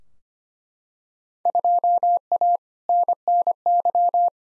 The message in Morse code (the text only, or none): 2A NNY